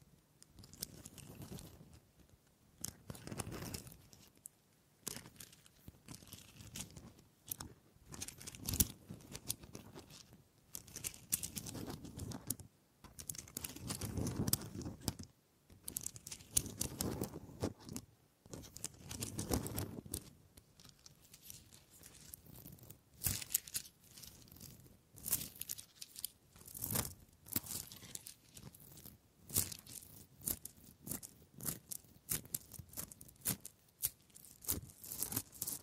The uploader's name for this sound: Wood Triggers